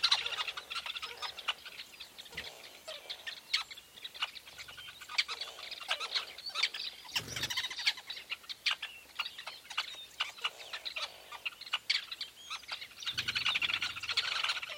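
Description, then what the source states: Weavers keep up continuous noisy chattering, with many overlapping chirps and buzzy notes. Recorded at a large weaver nest in Etosha National Park, Namibia.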